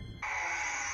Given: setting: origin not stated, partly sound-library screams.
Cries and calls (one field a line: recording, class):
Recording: one-second piece from a danger detection set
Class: woman in danger